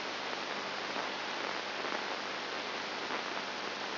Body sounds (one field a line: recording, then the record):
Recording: brain microelectrode recording played as sound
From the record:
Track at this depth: inside the subthalamic nucleus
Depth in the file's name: 4.701 mm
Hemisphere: left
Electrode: 2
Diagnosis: Parkinson's disease